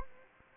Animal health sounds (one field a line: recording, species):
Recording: mosquito wingbeat signal from an infrared sensor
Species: Anopheles gambiae